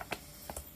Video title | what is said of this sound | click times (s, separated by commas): Toyota 901 knitting machine re assembling the carriage-special attention to the selector | And you heard it click as it moved the spring. | 0.1 s